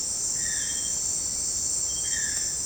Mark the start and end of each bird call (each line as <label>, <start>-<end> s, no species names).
bird call, 0.36-0.82 s
bird call, 1.99-2.61 s